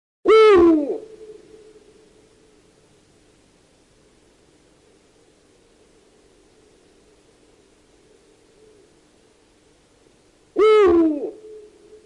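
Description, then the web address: Eurasian eagle-owl calling twice, each a harsh call sliding down in pitch, about ten seconds apart with quiet between. "puchacz"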